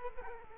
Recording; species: mosquito wingbeat signal from an infrared sensor; Culex quinquefasciatus